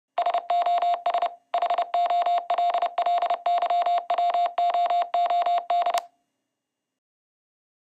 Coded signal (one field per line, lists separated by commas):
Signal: Morse code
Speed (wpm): 30 wpm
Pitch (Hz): 700 Hz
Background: none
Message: SOS HOLLYWOOD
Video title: Abertura do SOS Hollywood